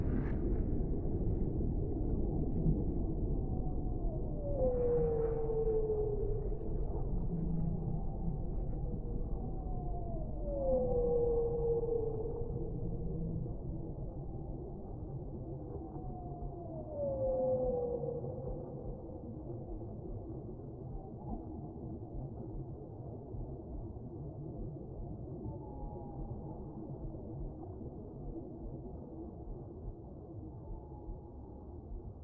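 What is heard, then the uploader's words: Underwater soundscape: long, falling whale-like moans repeat about every six seconds over a steady low rumble, with faint higher calls later. Full Moon Swimming with Whales in Tonga. Under the sea soundscapes.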